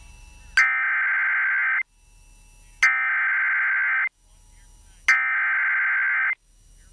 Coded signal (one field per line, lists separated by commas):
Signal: Emergency Alert System (SAME) tones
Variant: header bursts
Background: speech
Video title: EAS Severe Thunderstorm Warning Wausau, Wisconsin (70 Mph Winds!) NOAA Weather Radio